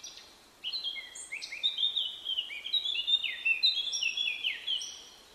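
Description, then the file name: Eurasian blackcap: a long, rich warbling phrase of fast slurred and twittering notes that builds and continues for nearly five seconds. "Sylvia atricapilla"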